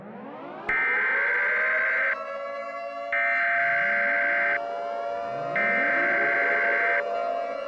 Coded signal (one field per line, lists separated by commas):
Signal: Emergency Alert System (SAME) tones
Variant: header bursts